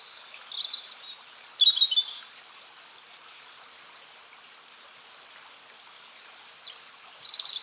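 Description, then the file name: European robin song: thin high warbled phrases, then a fast run of repeated ticking notes, and another sparkling high phrase at the end, with faint background hiss. "Erithacus rubecula"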